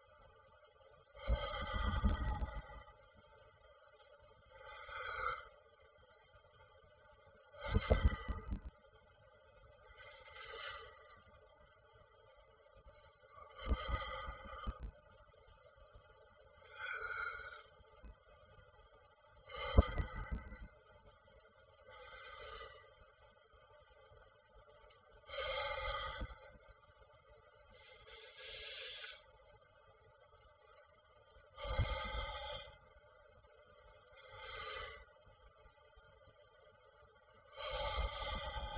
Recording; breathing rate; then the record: paced breathing near a phone; 10 breaths a minute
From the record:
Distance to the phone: 40 cm